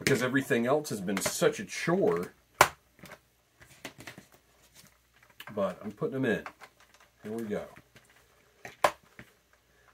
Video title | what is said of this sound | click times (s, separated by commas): HasLab GI Joe Skystriker Needless Unboxing | all right those seem to snap into place a little bit more easily uh and hopefully we'll | 8.8 s